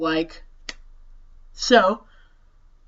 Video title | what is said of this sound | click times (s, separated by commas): How to make: A "Just clowning around" clown Halloween prop - Halloween prop build | Once you hear two more audible clicks, | 0.7 s